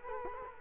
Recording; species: mosquito wingbeat signal from an infrared sensor; Culex quinquefasciatus